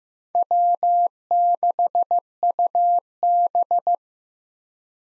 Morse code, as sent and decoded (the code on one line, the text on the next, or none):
.-- -.... ..- -...
W6UB